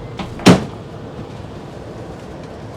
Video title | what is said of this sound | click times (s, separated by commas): Our Last 24 Hours in Japan (not what we expected) | It also locks into place. | 0.5 s